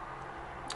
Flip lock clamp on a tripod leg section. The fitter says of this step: the flip quick flip locks snap